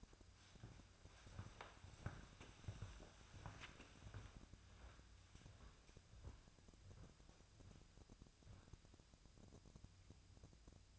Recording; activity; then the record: daily activity, microphone in the room; walk to room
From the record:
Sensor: 2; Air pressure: 999.8 hPa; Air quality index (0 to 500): 122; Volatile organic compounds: 2 ppm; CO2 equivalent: 1055 ppm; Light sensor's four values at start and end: 29/70/31/35 and 31/73/32/36